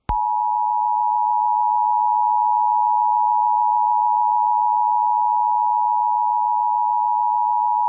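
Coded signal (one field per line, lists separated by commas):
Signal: Emergency Alert System (SAME) tones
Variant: 853 and 960 Hz attention tone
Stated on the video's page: Severe thunderstorm warning for Lexington County, SC, from the National Weather Service in Columbia; reproduced by EAS simulation software.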